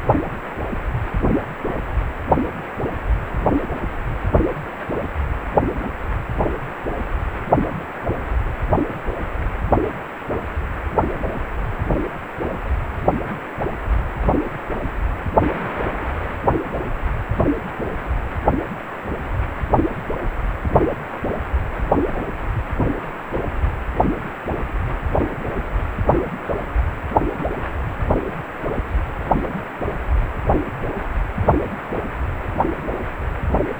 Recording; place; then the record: Doppler ultrasound of blood flow; precordium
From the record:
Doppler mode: pulsed wave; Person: healthy adult, 18 to 50 years, no heart murmur, not diving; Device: 2.5 MHz transducer